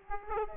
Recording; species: mosquito wingbeat signal from an infrared sensor; Aedes aegypti